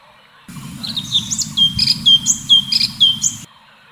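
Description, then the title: Leafbird song: bright whistled notes alternating with high chirps at a quick, uneven pace, backed by a constant low humming noise. "Kicau Cucak Ijo"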